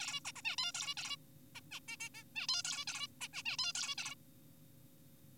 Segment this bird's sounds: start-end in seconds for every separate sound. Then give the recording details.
0.00-0.20, 0.25-0.32, 0.36-0.42, 0.45-0.56, 0.58-0.72, 0.75-0.94, 0.97-1.16, 1.55-1.61, 1.72-1.80, 1.88-1.97, 2.00-2.09, 2.14-2.24, 2.36-2.47, 2.49-2.62, 2.65-2.85, 2.88-3.07, 3.21-3.28, 3.34-3.43, 3.46-3.57, 3.59-3.72, 3.75-3.95, 3.98-4.15. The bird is an adult. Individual g4p5U